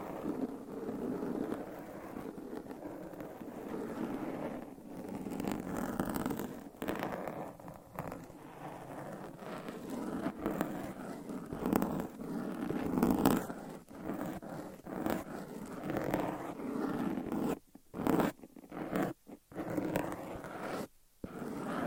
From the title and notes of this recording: ASMR Mic Scratching Brain Scratching with 30 DIFFERENT MICS Covers & Nails No Talking.